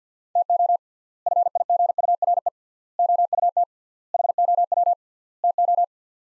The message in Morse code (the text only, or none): TO FIGURE OUT HOW TO